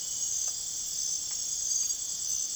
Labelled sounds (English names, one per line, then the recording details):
none
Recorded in secondary vegetation near Puerto Asís, Putumayo, Colombia, on 22 June 2025 at 23:00
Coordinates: 0.489, -76.322
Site G021